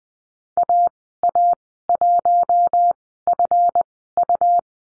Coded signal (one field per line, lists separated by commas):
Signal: Morse code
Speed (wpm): 20 wpm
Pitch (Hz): 700 Hz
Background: none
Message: AA1FU